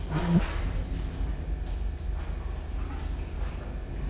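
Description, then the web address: Cricket chirping as a steady high continuous trill throughout, with a low electrical hum and a brief faint knock near the start. Recorded at Győr zoo in 2014 with professional gear; insect on the left microphone, amid electrical equipment; quiet still-life scene. "allathangok gyorizoo 2014 professzionalis gallerospavian balmikrofonnalegyrovar elektromosberendezes tucsok csendelet"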